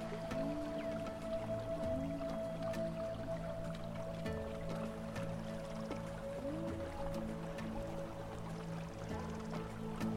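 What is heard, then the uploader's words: Distant music plays over river sounds. Sustained low tones and a held higher note run the whole time, with brief sliding pitches near the start and around seven seconds. A steady watery trickle with scattered drips and clicks keeps the level even. Distant music w/ river sounds.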